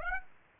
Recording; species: mosquito wingbeat signal from an infrared sensor; Aedes aegypti